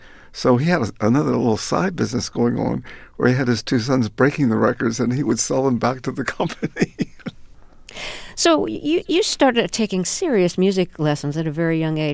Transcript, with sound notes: So he had another little side business going on where he had his two sons breaking the records, then he would sell them back to the company (laughter).
So you started taking serious music lessons at a very young age.